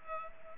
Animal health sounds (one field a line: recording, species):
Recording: mosquito wingbeat signal from an infrared sensor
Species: Culex pipiens